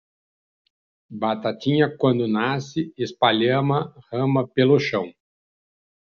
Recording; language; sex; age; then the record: short text; Brazilian Portuguese; male; 60 to 69 years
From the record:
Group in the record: control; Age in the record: 65 years